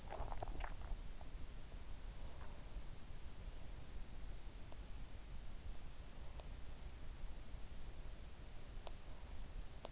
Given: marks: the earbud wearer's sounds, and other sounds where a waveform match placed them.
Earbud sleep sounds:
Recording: sounds in sleep by an in-ear microphone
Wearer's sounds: body movement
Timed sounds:
0.00-0.97 s: body movement

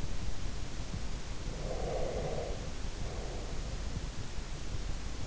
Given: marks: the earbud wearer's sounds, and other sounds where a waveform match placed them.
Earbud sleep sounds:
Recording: sounds in sleep by an in-ear microphone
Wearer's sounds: breath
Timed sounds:
1.47-3.94 s: breath

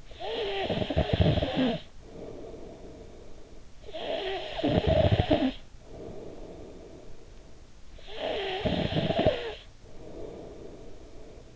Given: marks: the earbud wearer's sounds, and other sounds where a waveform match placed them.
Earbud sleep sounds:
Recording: sounds in sleep by an in-ear microphone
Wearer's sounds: snoring breath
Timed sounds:
0.00-11.56 s: snoring breath

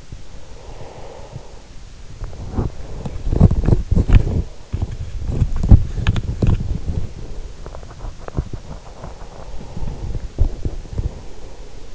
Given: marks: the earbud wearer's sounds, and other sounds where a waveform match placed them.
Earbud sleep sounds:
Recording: sounds in sleep by an in-ear microphone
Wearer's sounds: breath, body movement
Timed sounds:
0.09-3.35 s: breath
3.21-11.58 s: body movement
8.80-11.95 s: breath

